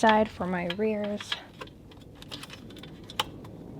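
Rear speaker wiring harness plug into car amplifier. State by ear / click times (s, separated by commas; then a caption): seated / 3.2 s. Someone talks briefly as the rear speaker output harness connector is pushed into the plug-in port of a 5-channel amplifier being installed in a 2022 Toyota Tundra CrewMax DoubleCab while keeping the stock radio. Several small plastic ticks and handling noises follow, then one sharp latch click at 3.2 s as the connector seats.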